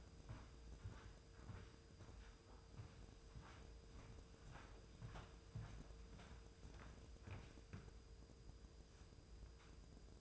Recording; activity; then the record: daily activity, microphone in the room; walk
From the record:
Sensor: 2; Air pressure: 995.8 hPa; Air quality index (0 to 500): 246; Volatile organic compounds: 1000 ppm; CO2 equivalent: 6072 ppm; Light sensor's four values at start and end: 33/79/34/38 and 33/79/34/38